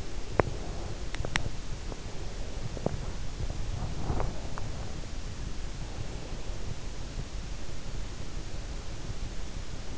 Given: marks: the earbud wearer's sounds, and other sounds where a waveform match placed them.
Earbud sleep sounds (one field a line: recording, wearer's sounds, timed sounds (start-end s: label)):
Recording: sounds in sleep by an in-ear microphone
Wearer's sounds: teeth grinding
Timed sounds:
0.00-4.58 s: teeth grinding